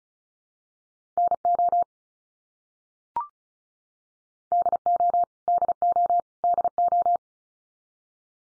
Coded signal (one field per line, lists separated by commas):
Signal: Morse code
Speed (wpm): 34 wpm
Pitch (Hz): 700 Hz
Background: none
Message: NO DO DO DO